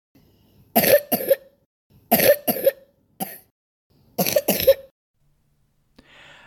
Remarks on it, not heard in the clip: A recording of a chronic wet cough, and you can download that on the Lung Foundation of Australia website.